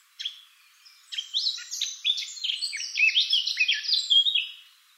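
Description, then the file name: Eurasian blackcap song: a fast, scratchy warble of varied chirps and short whistles that grows busier and louder, ending abruptly. "Sylvia atricapilla"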